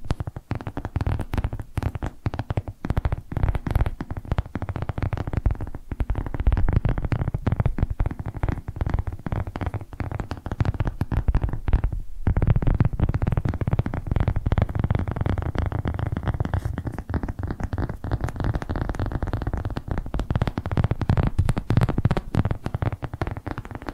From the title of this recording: ASMR Tapping